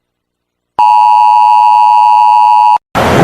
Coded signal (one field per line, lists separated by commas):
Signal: Emergency Alert System (SAME) tones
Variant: 853 and 960 Hz attention tone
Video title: ⚠️Barbados EAS alarm (MEGA HURRICANE)⚠️